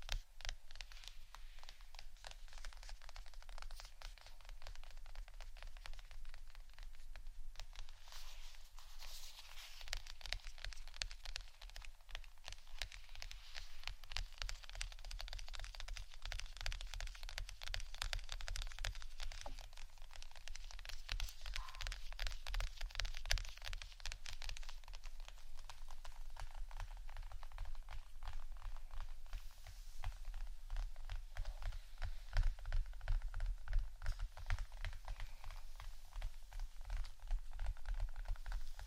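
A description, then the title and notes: Rapid, dense tapping runs through the whole recording, a crisp patter of countless small hits that sounds almost like rain or static. The bright, clicky layer swells and fades in waves, with a steady low hum underneath throughout. ASMR 2 Types Of Tapping（No Talking）.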